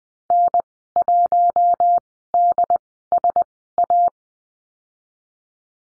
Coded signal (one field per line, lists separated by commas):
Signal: Morse code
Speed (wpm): 20 wpm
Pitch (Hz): 700 Hz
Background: none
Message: N1DSA